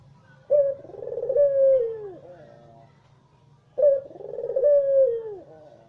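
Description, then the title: Barbary dove giving two coos about three seconds apart, each a clipped first note followed by a throaty rolling coo that drops at the end. White (putih) Barbary dove; Indonesian masteran used to train songbirds to copy its call. "Kicau Mania Masteran Burung Puter Putih"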